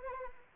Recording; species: mosquito wingbeat signal from an infrared sensor; Anopheles arabiensis